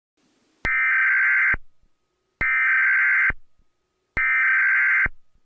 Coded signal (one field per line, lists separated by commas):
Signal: Emergency Alert System (SAME) tones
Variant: header bursts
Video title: EAS Scenario - Banana Eats